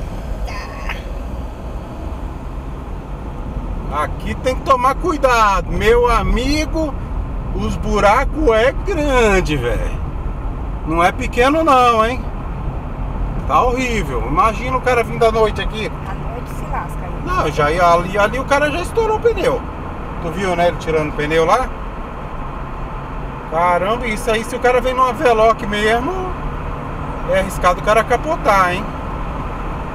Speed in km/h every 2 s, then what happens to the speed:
35, 42, 47, 46, 49, 50, 53, 56, 59, 63, 66, 67, 68, 72, 75.
0-30 speeds up to 75.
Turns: none.